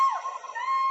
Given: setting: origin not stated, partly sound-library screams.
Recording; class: one-second piece from a danger detection set; woman in danger